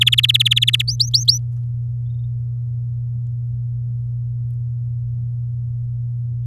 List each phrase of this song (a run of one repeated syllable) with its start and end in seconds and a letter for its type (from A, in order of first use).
0.01-0.82 A, 0.88-1.38 B